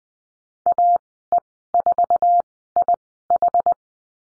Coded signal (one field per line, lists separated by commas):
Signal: Morse code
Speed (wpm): 20 wpm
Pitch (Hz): 700 Hz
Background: none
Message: AE4IH